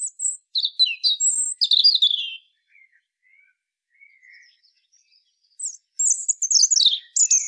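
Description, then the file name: European robin song in two bursts of high, tumbling, varied whistles and trills, separated by a quiet gap with a few soft, thin notes. "Erithacus rubecula"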